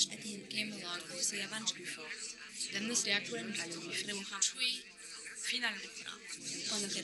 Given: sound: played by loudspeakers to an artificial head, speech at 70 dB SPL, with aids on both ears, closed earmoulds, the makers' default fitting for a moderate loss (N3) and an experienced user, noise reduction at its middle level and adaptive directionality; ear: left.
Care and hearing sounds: speech test signal (ISTS) in cocktail-party noise; 0 dB; in front (0 degrees)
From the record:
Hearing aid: class 1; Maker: H

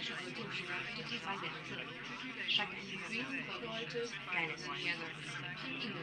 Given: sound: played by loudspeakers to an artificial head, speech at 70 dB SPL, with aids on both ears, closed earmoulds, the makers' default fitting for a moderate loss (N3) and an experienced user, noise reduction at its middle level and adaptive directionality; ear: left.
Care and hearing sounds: speech test signal (ISTS) in cocktail-party noise; 0 dB; on the right (90 degrees)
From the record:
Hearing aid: class 2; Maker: F

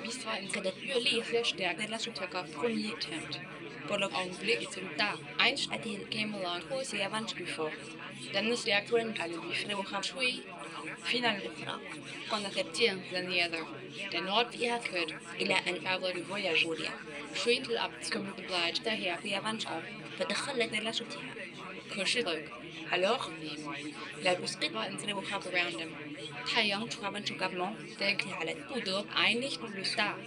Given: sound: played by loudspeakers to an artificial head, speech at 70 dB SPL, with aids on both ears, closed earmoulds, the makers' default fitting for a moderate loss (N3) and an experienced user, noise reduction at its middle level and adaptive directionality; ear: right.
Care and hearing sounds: speech test signal (ISTS) in cocktail-party noise; 0 dB; on the right (90 degrees)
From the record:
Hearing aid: class 2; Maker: C

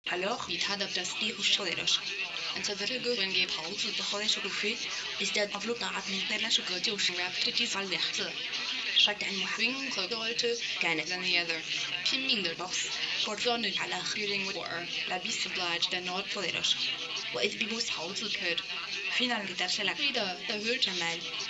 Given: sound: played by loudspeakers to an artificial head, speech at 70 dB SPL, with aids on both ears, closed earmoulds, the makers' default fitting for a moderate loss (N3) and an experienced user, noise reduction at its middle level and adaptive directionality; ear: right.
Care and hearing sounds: speech test signal (ISTS) in cocktail-party noise; +9 dB; in front (0 degrees)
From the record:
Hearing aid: class 1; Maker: A

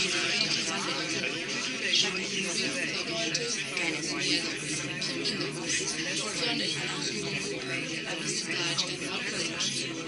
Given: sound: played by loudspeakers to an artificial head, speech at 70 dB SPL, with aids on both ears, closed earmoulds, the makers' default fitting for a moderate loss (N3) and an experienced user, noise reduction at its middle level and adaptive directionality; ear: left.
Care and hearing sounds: speech test signal (ISTS) in cocktail-party noise; -6 dB; on the right (90 degrees)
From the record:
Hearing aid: class 1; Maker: B

